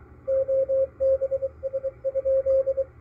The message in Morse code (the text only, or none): OBS?